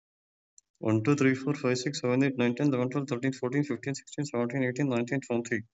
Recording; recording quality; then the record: counting at a fast pace; excellent, no background noise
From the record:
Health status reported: COVID-19 positive, no symptoms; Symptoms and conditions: none ticked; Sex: male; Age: 34 years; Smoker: not ticked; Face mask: not worn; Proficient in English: no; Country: India